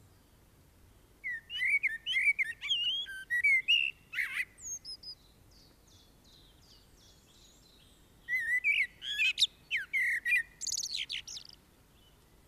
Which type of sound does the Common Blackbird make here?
song